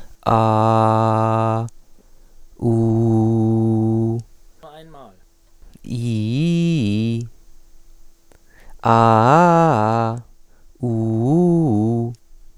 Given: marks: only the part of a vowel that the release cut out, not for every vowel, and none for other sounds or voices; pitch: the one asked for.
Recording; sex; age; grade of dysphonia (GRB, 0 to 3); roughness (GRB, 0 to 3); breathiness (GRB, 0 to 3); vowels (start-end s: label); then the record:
sustained vowels; male; 20 to 29 years; 0; 0; 0
0.43-1.48 s: vowel /a/, low pitch
2.79-4.01 s: vowel /u/, low pitch
6.10-7.09 s: vowel /i/, low-high-low pitch
8.97-10.03 s: vowel /a/, low-high-low pitch
10.97-12.02 s: vowel /u/, low-high-low pitch
From the record:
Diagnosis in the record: healthy voice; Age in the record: 24 years